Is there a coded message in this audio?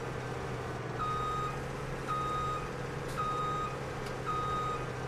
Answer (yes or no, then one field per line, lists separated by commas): no